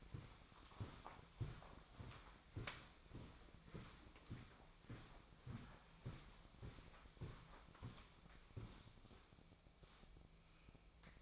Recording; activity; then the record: daily activity, microphone in the room; walk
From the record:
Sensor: 1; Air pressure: 1009.3 hPa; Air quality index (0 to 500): 187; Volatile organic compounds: 4 ppm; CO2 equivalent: 1578 ppm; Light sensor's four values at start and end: 55/148/61/74 and 54/144/59/72